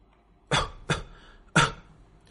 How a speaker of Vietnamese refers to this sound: Chỉ mới ho khan mấy tiếng, khắp người truyền đến cảm giác đau đớn khiến cho